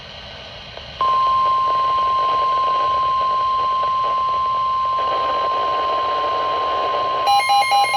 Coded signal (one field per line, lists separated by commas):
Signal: Emergency Alert System (SAME) tones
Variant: 1050 Hz attention tone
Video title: Spring Break Slight EAS Alerts from: 3/15/26 - 3/16/26